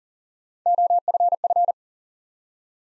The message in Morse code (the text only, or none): OFF